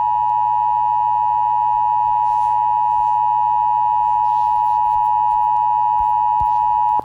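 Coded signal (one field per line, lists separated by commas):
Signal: Emergency Alert System (SAME) tones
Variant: 853 and 960 Hz attention tone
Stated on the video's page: Fictional EAS scenario.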